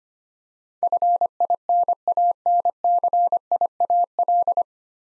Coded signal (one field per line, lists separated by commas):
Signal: Morse code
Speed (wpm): 25 wpm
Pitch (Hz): 700 Hz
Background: none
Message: FINANCIAL